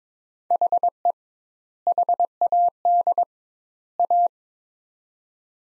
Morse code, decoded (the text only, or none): HE HAD A